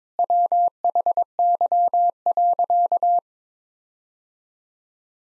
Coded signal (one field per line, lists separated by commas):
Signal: Morse code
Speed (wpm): 22 wpm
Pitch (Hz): 700 Hz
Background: none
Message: WHY.